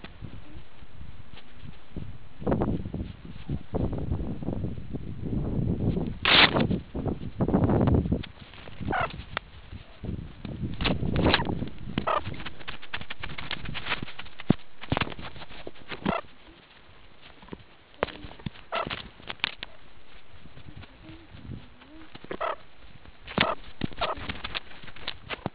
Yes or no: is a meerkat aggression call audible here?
no